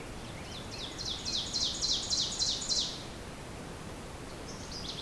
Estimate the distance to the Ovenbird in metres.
about 25 m